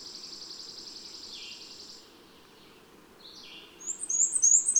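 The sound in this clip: Bird song: a fairly faint high trill dropping to a lower one, then a short trill and loud sharp high chirps at the end, over constant low hum.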